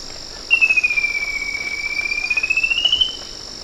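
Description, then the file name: Bird giving a long pulsed trill, a rapid throbbing whistle that dips slightly then rises over about two and a half seconds, above a steady high-pitched hiss. "SABIOD 50 bird 2015"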